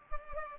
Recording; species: mosquito wingbeat signal from an infrared sensor; Culex pipiens